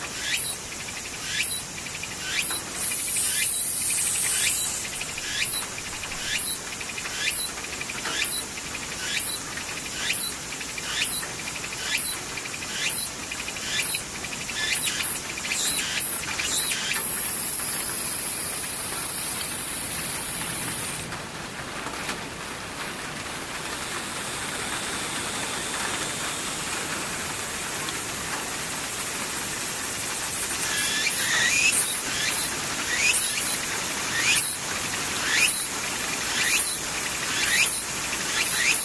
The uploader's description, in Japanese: ツクツクホーシからムシ